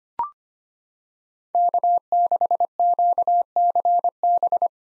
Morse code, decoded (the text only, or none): K6QCB